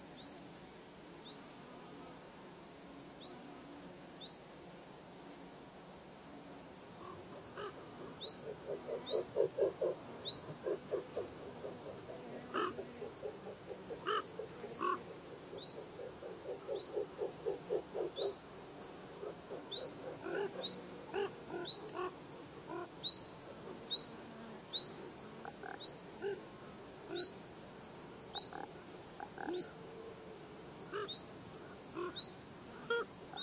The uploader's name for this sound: Sounds of Grasshoppers, Crows and Insects from the Fields